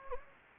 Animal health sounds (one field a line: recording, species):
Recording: mosquito wingbeat signal from an infrared sensor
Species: Anopheles gambiae